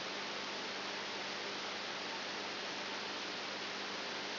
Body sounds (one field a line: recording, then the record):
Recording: brain microelectrode recording played as sound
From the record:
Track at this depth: outside the subthalamic nucleus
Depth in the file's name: 8.5 mm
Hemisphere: right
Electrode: 2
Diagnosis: Parkinson's disease